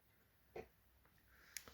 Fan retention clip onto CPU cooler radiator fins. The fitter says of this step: there you go until it locks into place like that